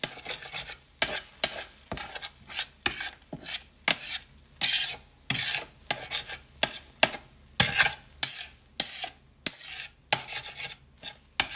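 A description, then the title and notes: Household sounds: a steady rhythm of scraping or rubbing strokes, roughly one or two per second, each a short bright rasp with sharp clicks at its start. The strokes repeat evenly for the whole twelve seconds, with brief quiet gaps between them. Sounds from around our house, mostly in the am.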